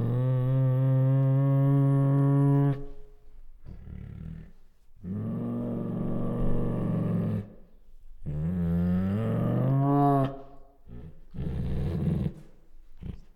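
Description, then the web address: Bengal tiger making long, tonal moaning whines, one wavering in pitch, between shorter rumbling growls. Female. "Sound Ideas Tigers Sound Effects. Female Bengal Tiger Growls, Snorts and Whines"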